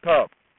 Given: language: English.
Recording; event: throat vibration sensor signal played as sound; speech